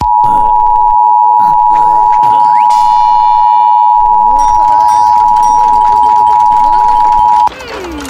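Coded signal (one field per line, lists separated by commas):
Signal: Emergency Alert System (SAME) tones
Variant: 853 and 960 Hz attention tone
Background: speech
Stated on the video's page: Flash flood alert received in Los Angeles, California.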